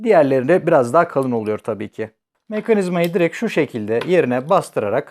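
Someone talks while handling the plastic and metal lock mechanism of a cable window safety lock, about to press it straight into its seat in the lock body. Only speech is heard, with a brief pause near the middle. Nothing has seated or clicked yet.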